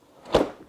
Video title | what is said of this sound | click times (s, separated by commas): Mobility Scooter told me its TOO Dangerous: Pasiseec S3 | Be sure when you're pulling the seat up, you hear a click. | 0.3 s